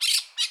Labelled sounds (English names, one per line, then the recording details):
Brown-throated Parakeet contact call
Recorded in Curacao
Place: Hoffi Jan Thiel
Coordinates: 12.094, -68.877